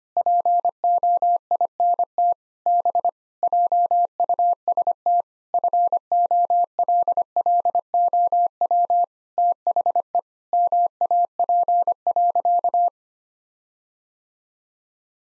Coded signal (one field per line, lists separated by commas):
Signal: Morse code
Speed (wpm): 25 wpm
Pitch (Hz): 700 Hz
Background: none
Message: POINT B JUST FOLLOW THE MAP.